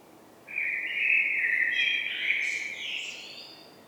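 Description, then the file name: Common blackbird song phrase, a low flowing whistled warble climbing into a scratchy high-pitched ending. "Turdus merula"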